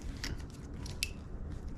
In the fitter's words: There you go. Heard it click.